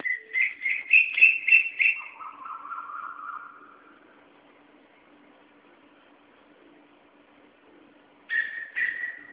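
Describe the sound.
Koel calls: a rapid burst of loud piercing notes, then a lower drawn-out rising note, a quiet stretch, and another sharp call starting near the end.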